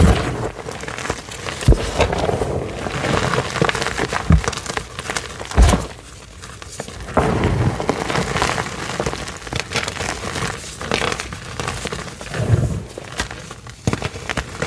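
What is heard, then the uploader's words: Gym chalk is crushed in baby oil, giving a dense, continuous mix of crunching, crinkling and squishy rubbing that rises and falls unevenly. Sharper cracks and thumps break through every few seconds, including around two, four, five and twelve seconds, with brief quieter dips between. Baby Oil Gym Chalk Crushing Compilation.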